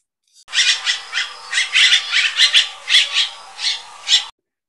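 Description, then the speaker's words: Grackle calling: a harsh series of many squeaky, rasping notes lasting about four seconds. Played back as a sample of the sound. "here we go. This is a grackle."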